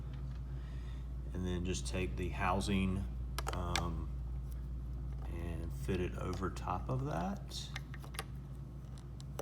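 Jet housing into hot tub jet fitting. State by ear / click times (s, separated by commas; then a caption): seated / 8.2 s. A plastic jet housing for a 2018 Hot Spring Flash Limelight hot tub is fitted over the small inner piece in the spa wall while someone talks. It is pressed until it clicks hard into place at about 8.2 seconds, with a few faint ticks around it.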